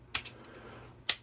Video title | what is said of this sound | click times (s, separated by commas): XPPen Artist Pro 19(Gen 2) review by an artist with demo | And it snaps right in. Very nice quality. | 1.1 s